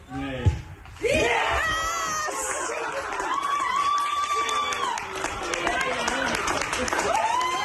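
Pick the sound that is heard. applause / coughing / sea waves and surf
applause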